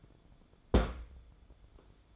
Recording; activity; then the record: daily activity, microphone in the room; place on stove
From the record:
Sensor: 5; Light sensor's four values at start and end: 589/1480/619/725 and 594/1485/623/730